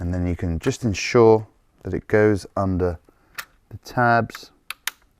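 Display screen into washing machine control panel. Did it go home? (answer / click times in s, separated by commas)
yes / 4.7 s, 4.9 s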